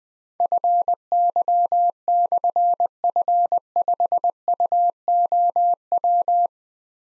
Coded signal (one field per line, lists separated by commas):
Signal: Morse code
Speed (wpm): 20 wpm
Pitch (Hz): 700 Hz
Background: none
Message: FY/F5UOW